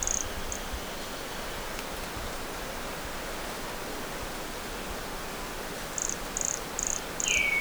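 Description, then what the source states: Brachycephalus sulfuratus toadlet calls: one short high note at the start, then a series of four clipped buzzy notes, with a separate falling chirp at the end and constant background hiss. Recorded at Morro do Garrafão by LFRibeiro; specimen not collected; MHNCI collection.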